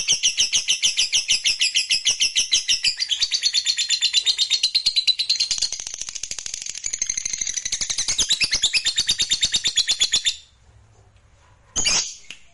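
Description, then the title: Lovebird song of rapid, buzzy, high-pitched chattering that runs unbroken for ten seconds before stopping, followed by one short shrill burst. "Suara Lovebird"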